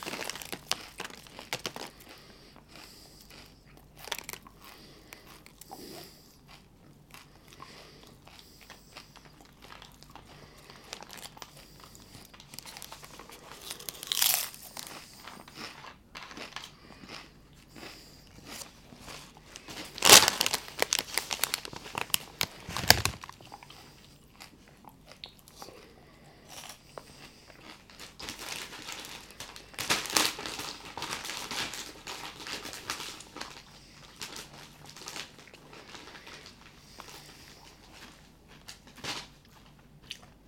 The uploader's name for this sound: Chips & Soda